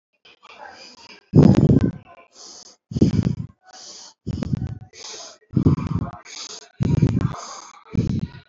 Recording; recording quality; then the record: shallow breathing; excellent, no background noise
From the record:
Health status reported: recovered from COVID-19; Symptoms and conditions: cough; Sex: female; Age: 27 years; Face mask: not worn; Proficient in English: yes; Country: India